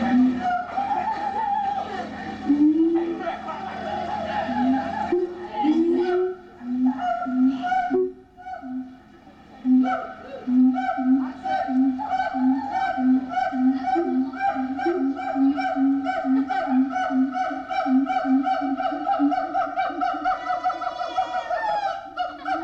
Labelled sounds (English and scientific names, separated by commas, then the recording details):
Siamang (Symphalangus syndactylus)
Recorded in captivity
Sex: pair
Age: adult
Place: Zoo Berlin, Berlin, DE
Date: 1985-05-23 10:12
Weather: sonnig, Wind, 12°C
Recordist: Tembrock, Günter